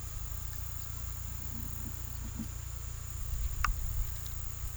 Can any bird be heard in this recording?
no